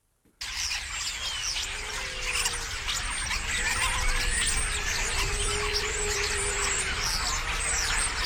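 A large flock of starlings twitters continuously for about 20 seconds, a dense, shrill chatter of countless overlapping chirps and squeaks, with a steady low rumble underneath throughout.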